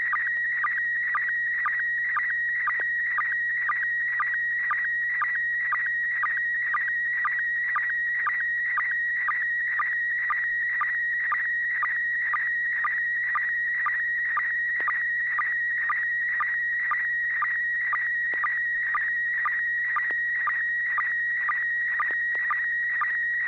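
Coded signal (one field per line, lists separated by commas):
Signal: SSTV (slow-scan television)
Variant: PD120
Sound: warbling tone around 1.9 kHz with a short lower chirp twice a second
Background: low hum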